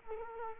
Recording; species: mosquito wingbeat signal from an infrared sensor; Culex quinquefasciatus